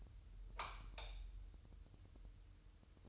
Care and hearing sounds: daily activity, microphone in the room; light off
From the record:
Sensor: 2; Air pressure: 988.3 hPa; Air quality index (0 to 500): 190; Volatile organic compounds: 180 ppm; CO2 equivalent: 4143 ppm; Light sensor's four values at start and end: 11/34/13/13 and 6/16/6/7

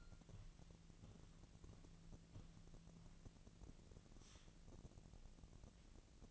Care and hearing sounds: daily activity, microphone in the room; walk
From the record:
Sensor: 4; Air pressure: 1013.0 hPa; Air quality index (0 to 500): 173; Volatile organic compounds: 2 ppm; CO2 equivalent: 1095 ppm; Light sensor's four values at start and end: 70/174/74/78 and 71/176/75/79

